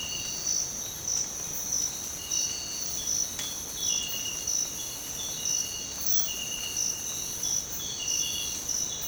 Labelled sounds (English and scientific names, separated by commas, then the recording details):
none
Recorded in dense forest near Puerto Asís, Putumayo, Colombia, on 22 December 2024 at 05:30
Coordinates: 0.466, -76.327
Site G075